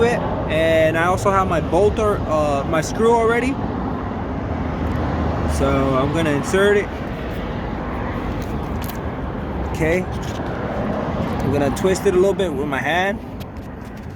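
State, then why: Not seated. A screw is inserted into the hole of a new front license plate bracket on a 2003 Ford Expedition XLT SUV and started by hand, with someone talking over steady outdoor traffic and vehicle noise. Nothing has seated or clicked yet.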